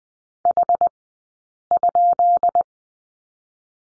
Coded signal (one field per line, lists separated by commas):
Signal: Morse code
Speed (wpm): 20 wpm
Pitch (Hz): 700 Hz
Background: none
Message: H?